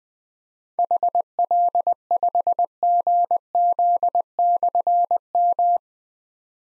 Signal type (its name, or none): Morse code